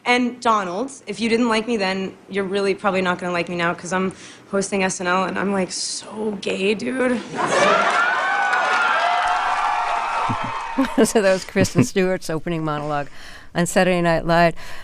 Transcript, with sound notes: And Donald, if you didn't like me then, you're really probably not going to like me now 'cause I'm hosting "SNL," and I'm, like, so gay, dude.
(APPLAUSE, CHEERING)
(Laughter).
So that was Kristen Stewart's opening monologue on "Saturday Night Live."